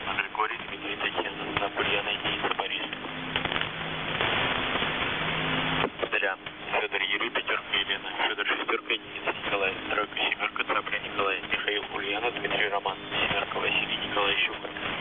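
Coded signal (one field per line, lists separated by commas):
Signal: coded military voice message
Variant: The Pip, Russian voice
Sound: a continuous voice reading over a muffled radio channel, with a hiss burst near the start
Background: radio static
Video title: The Pip | 21st August 2023 | "Dlya" Voice Message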